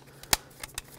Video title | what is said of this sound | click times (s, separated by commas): How to Replace Power Seat Switch Bezel 2009-2014 Ford F-150 | make sure they all lock into place | 0.3 s